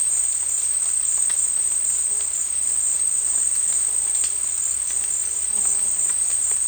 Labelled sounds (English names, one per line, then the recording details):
none
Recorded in dense forest near Puerto Asís, Putumayo, Colombia, on 18 February 2024 at 14:00
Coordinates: 0.484, -76.317
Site G6464